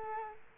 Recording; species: mosquito wingbeat signal from an infrared sensor; Culex quinquefasciatus